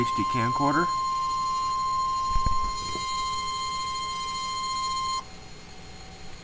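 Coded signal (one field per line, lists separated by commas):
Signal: Emergency Alert System (SAME) tones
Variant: 1050 Hz attention tone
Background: speech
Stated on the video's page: Real NOAA weather radio EAS alert.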